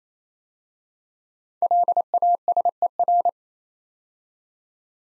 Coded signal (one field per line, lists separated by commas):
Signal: Morse code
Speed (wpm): 27 wpm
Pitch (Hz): 700 Hz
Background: none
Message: LASER